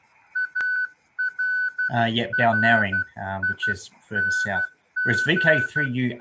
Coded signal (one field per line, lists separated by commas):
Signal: Morse code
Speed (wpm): 12 wpm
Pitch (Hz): 1500 Hz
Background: speech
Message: ARRING